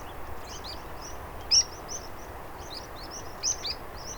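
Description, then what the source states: Pipits calling in flight, short sharp high-pitched whistles overlapping irregularly, a few louder notes standing out over a low background hum. Evening reedbed roost of 100 to 150 meadow and water pipits since September, Marais des Bouligons marsh, 12 November 2020, calls whistling from all over the sky until nightfall; portable recorder, omni microphone.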